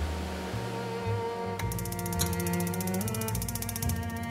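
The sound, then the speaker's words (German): Heating radiator noises in a Berlin room: a steady low droning hum, joined partway through by a rapid, even mechanical ticking that keeps going like a ratchet, with no voices. “Heizungsgeräusche wie diese gibt es nur in Berliner Zimmern.”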